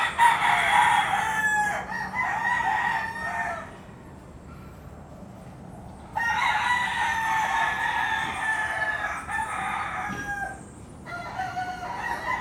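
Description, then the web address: Chicken: roosters crowing in drawn-out harmonic calls, crowing early, a quiet gap, then a long crow from about six seconds and a shorter one near eleven. Roosters at dawn in Puerto Rico. "puerto rico coqs aube PRico"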